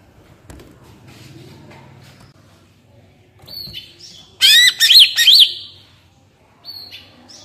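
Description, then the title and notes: Greater green leafbird giving a brief burst of sharp upswept whistles and clicks, with faint thin whistles before and after. Master recording for training captive cucak ijo; bird singing gacor and melodious (merdu), in ngentrok style with raised crest (jambul nembak). "Cucak Ijo Gacor Ngentrok Jambul Nembak. suara burung cucak ijo gacor, merdu cocok buat masteran burung cucak ijo"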